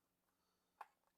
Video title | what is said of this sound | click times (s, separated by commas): NEW Hansshow H6 screen - Tesla Model 3/Y - Front facing camera option for non-USS Tesla is fantastic | just pop them in you can hear them clicking in pop it in place | 0.8 s